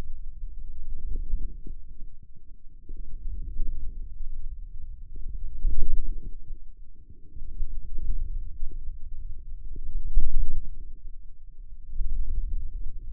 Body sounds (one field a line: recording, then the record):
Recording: forearm muscle sounds (acoustic myography)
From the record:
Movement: wrist flexion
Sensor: system 2, bracelet of six BSWA MPA416 microphones around the upper forearm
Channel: 5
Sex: male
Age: 22 years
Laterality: right